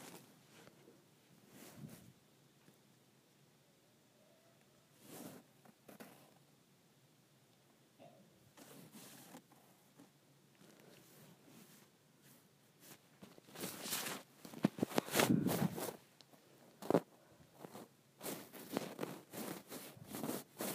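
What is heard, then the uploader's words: Scraping along a cord in scattered bursts, quiet and sparse early, then denser, louder rasping strokes from about thirteen seconds to the end. ASMR Scraping the Cord of my iPhone Charger.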